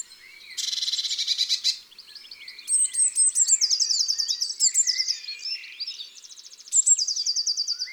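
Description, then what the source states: Eurasian Blue Tit calls and song: a scolding buzzy churr, then high sharp notes leading into rapid trills, with another trill burst near the end. Calls and song of a blue tit, the answer to a garden-bird recognition exercise.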